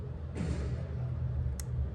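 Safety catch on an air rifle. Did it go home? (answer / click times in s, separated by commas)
yes / 1.6 s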